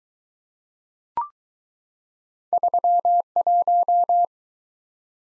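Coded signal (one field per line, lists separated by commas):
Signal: Morse code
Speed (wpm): 20 wpm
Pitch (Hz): 700 Hz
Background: none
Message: 31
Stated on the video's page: Morse practice of two letter-number combinations, starting fast and slowing to a 15 wpm base speed, final repeat at maximum speed.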